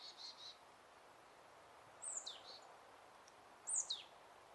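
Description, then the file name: Marsh tit calls: a faint buzzy burst, then two sharp, high, downslurred notes, each trailing into a short buzzy burst, over steady faint background hiss. "Poecile palustris"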